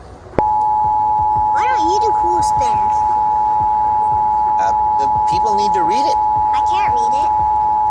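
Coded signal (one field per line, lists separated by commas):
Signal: Emergency Alert System (SAME) tones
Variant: 853 and 960 Hz attention tone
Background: speech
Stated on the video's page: Fictional EAS scenario made with Audacity and text-to-speech software.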